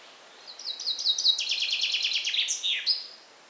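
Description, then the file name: Common chaffinch singing one bright phrase of quick repeated notes that slide lower in stages before a final flourished ending, over light background hiss. "Fringilla coelebs"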